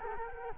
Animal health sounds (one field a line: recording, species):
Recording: mosquito wingbeat signal from an infrared sensor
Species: Culex quinquefasciatus